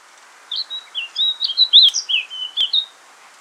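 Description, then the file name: Eurasian blackcap singing, one brief, varied warbling phrase of high chirps and sweet slurred notes, then quiet, with faint background hiss. "Sylvia atricapilla"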